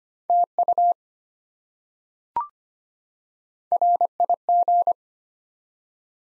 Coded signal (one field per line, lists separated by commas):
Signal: Morse code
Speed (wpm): 25 wpm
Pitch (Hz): 700 Hz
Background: none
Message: TU RIG